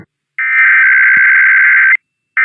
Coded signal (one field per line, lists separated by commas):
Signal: Emergency Alert System (SAME) tones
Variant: header bursts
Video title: Monday IPAWS Tests (EAS #648-654) 8/26/24